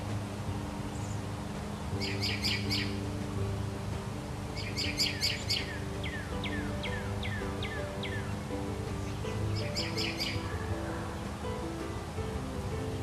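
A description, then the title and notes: Birds sing over a steady low hum, with bright bursts of four quick chirps at about 2, 5 and 10 seconds. Between them, around 6 to 8 seconds, a softer series of downward whistled notes repeats at a regular pace. Birding April 30th 2022 in New Florence, Pennsylvania. Everything from Catbirds to Cardinals to everything in between.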